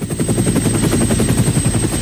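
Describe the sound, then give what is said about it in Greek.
A helicopter's rotor thumps in a fast, steady rhythm, a loud low beating with a thin high-pitched whine running constantly above it, and no voices. “θα φύγει η κυβέρνηση αυτή με ελικόπτερα.”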